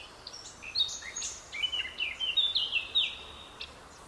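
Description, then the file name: Eurasian blackcap song, a varied run of clear, warbled and whistled notes with quick slurred phrases repeating toward the end, over faint steady background hiss. "Sylvia atricapilla"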